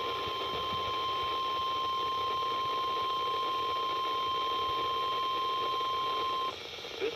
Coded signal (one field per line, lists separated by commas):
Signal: Emergency Alert System (SAME) tones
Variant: 1050 Hz attention tone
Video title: A very interesting Wednesday... EAS Comp from 4/05/23 (EAS 4879-4909)